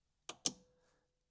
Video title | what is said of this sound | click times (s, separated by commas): Installing My (CARBON ZERO POINT ONE SHORT SHIFTER) | that click, you can actually see the pin come back. | 0.5 s